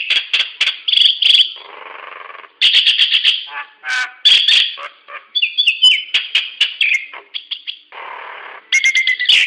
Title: Burung jalak nias